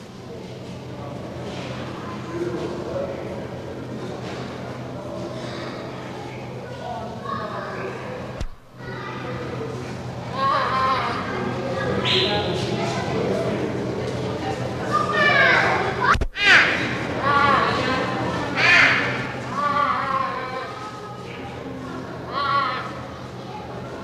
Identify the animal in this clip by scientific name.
Neofelis nebulosa